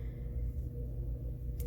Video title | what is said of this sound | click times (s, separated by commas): polymer clay pendant 18 part 2 | go past it, and you can hear it click a lot of the times. | 1.6 s